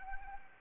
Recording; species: mosquito wingbeat signal from an infrared sensor; Anopheles arabiensis